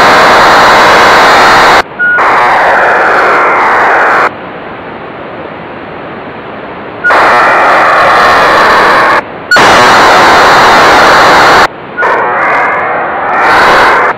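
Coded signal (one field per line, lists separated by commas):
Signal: HF data modem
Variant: HFDL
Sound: four bursts of harsh, even hiss, each a couple of seconds, separated by quieter gaps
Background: radio static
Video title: Decoding HFDL with PC-HFDL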